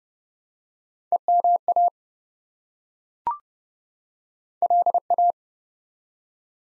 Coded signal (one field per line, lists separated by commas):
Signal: Morse code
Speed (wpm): 30 wpm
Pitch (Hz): 700 Hz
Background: none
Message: EMA LA